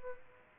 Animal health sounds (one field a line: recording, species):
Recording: mosquito wingbeat signal from an infrared sensor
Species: Aedes aegypti